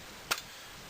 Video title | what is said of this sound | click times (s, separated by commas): Mosin Nagant Shooting Part II: Takedown Cleaning, and Overview | And it just snaps right in place. | 0.3 s